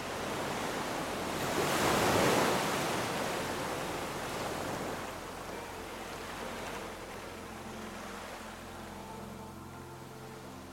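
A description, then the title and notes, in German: Gentle waves wash onto the shore, a soft rushing hiss that swells to its loudest around two seconds and then slowly ebbs. In the second half the surf thins out, and faint low sustained tones, like quiet music, hold steady beneath it. Beruhigende WELLEN und Fesselnde MUSIK. Rhythmus beruhigender Wellen, die sanft die Küsten streicheln.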